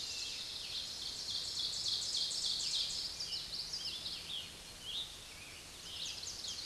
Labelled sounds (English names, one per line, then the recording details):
Ovenbird song
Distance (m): 40 m
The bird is about 10 m above the microphone
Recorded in a Pennsylvania forest on 16 May 2024 at 06:30
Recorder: AudioMoth, point MSD-1539
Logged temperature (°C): 16.0 °C
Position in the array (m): 135 m, 5 m